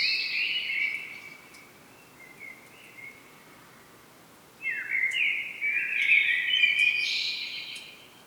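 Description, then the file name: Common blackbird: a fluty whistled phrase fading away, several seconds of quiet, then a louder, drawn-out warbling phrase with high twittery notes on top. "Turdus merula"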